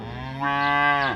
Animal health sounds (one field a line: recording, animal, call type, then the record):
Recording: contact call of a hoofed animal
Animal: cattle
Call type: low-frequency (closed-mouth) or high-frequency (open-mouth) call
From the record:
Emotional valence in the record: negative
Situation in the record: full separation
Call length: 1.17 s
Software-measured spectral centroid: 1730 Hz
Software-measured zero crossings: 2150 a second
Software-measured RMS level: -23 dBFS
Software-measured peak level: -10 dBFS